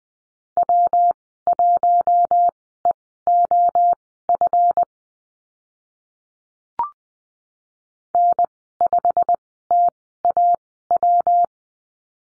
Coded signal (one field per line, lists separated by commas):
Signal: Morse code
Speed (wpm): 20 wpm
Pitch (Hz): 700 Hz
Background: none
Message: W1EOF N5TAW